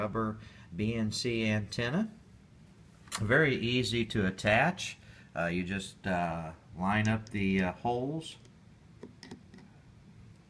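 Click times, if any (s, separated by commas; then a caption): none. Someone talks while lining up the slots of a rubber BNC antenna with the pins on the BNC jack of a Whistler WS1040 digital handheld radio scanner. Small handling ticks follow at about 9.0 to 9.6 s. The antenna has not yet been pushed down and twisted, so nothing has seated or clicked yet.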